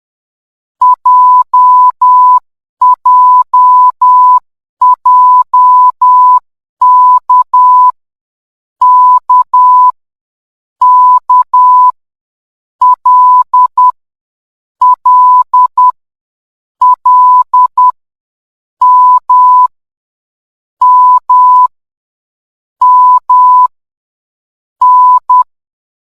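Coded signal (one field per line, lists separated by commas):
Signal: Morse code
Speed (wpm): 10 wpm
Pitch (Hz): 1000 Hz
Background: none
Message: J J J K K K L L L M M M N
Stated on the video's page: Beginner Morse code lesson.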